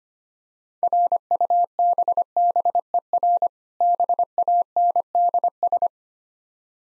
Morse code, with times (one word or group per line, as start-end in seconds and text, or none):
0.8-3.5 RUBBER
3.8-5.9 BANDS